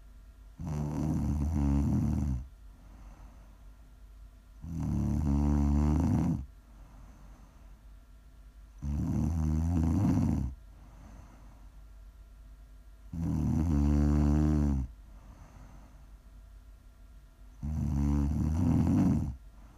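Prime ASMR snoring from an adult sleeper: low, rumbling, harmonic snores on each breath, about 14 per minute, with quiet pauses between them.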